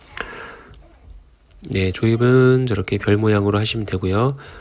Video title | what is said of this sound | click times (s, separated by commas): 티구안 중고차 자가정비 모아보기 | 손으로 가조립 했기 때문에 생각보다 볼트가 많이 돌아가더라고요 그래서 이렇게 딸깍 소리가 날 때까지 다 돌리신 다음에 또 대각선 아래 또 대각선 위에 | 0.2 s